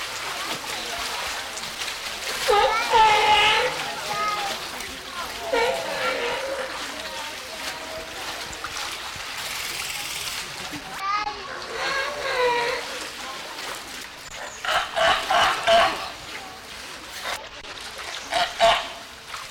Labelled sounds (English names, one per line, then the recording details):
California Sea Lion call
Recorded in captivity
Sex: diverse
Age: adult
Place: Münchner Tierpark Hellabrunn, Bayern, DE
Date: 1993-09-20 14:44
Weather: 19 °C, heiter
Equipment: Marantz CP 430, Sennheiser MKH 416 T, Kopie Uher Variocord 263
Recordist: Tembrock, Günter